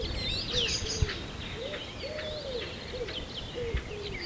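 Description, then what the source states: Several birds at once: soft rounded low coos repeating irregularly while higher chirps, trills and quick whistled slurs call over the top. Birds at sunrise, early morning.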